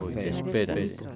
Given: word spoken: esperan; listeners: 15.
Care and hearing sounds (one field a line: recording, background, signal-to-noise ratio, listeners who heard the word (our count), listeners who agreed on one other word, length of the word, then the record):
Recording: one Spanish word in noise, from a listening test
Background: four-talker babble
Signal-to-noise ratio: 0.8 dB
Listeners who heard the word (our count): 0 of 15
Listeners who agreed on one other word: 10 of 15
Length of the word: 0.76 s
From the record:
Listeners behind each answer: 10, 3, 1, 1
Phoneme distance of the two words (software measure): 7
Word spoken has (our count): 3 syllables, 7 phonemes, stress on syllable 2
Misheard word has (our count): 3 syllables, 6 phonemes, stress on syllable 2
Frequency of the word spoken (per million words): 25.85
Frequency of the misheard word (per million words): 123.55